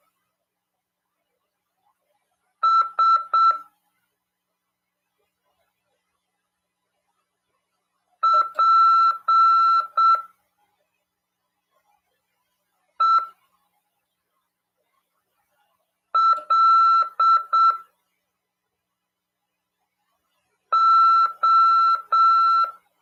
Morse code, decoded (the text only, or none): SPELO